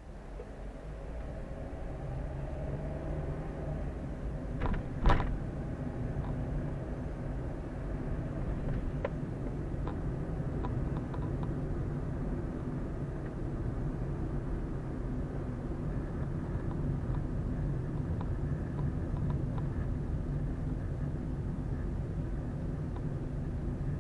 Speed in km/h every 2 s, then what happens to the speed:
11, 19, 24, 28, 30, 33, 33, 31, 29, 25, 25, 25.
0-10 speeds up to 33. 10-24 slows to 25.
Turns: none.